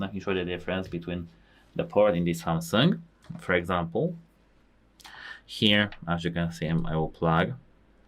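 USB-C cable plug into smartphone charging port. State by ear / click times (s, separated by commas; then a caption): not seated / none. Someone talks while a USB-C charging cable plug is handled at the USB-C charging port of a Samsung Galaxy A37 5G smartphone, about to be pushed in. Only speech is heard, and the plug has not yet seated or clicked into the port.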